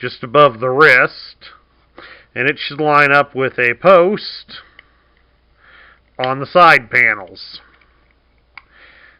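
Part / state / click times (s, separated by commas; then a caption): transforming toy arm part into side panel post / seated / 8.6 s. Someone talks while lining up a notch just above the wrist on the arm part of a plastic transforming robot toy with a post on its side panels. A single sharp plastic snap at 8.6 s shows the arm panel seated in place.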